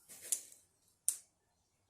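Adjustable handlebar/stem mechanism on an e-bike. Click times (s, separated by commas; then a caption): 0.3 s, 1.1 s. The adjustable handlebar/stem mechanism on an Ariel Rider X Class 52v e-bike is moved through its positions, and its metal detents give sharp clicks at 0.3 s and 1.1 s. Each click marks an individual point where the mechanism can be locked, and it seats into position.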